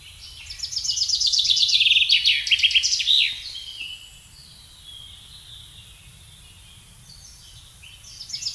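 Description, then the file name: Common chaffinch song: a fast, ringing trill descending in pitch, ending in a flourish. Quiet high bird notes follow, and another song begins at the very end. "Fringilla coelebs"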